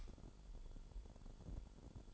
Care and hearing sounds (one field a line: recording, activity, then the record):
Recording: daily activity, microphone in the room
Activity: light off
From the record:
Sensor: 5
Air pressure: 1008.0 hPa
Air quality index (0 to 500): 105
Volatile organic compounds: 1 ppm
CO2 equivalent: 816 ppm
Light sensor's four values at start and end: 30/70/28/27 and 30/69/28/27